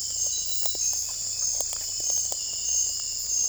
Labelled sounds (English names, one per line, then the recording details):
none
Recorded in secondary vegetation near Puerto Asís, Putumayo, Colombia, on 16 December 2024 at 00:30
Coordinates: 0.481, -76.318
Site G042